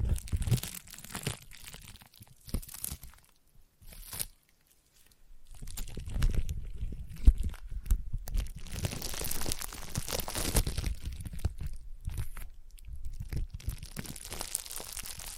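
Sticky tapping and crinkly, tearing sounds come in dense bursts, with a brief silent gap around four seconds before the clicking resumes steadily.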